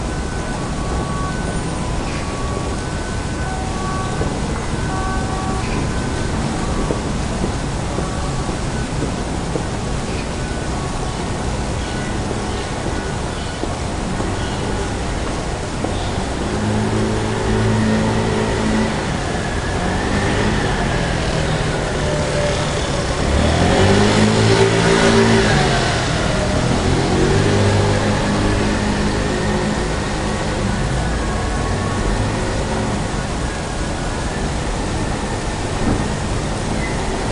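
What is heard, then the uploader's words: A rainy street in Amsterdam, with a steady wash of rain and traffic hiss filling the whole clip. Vehicles pass nearby, one swelling loud around the middle before fading. Faint tones and murmured voices drift in the background. Rainy Day in Amsterdam. The sounds of the European street. Voices as they enjoy the day.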